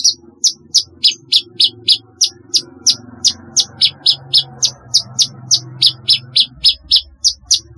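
Javan bush lark song: sharp, high chirps repeated steadily about three times a second over a low background hum.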